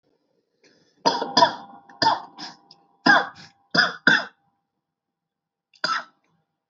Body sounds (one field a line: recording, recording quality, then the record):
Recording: shallow voluntary cough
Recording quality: excellent, no background noise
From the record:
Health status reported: healthy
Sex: male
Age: 26 years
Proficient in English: yes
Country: India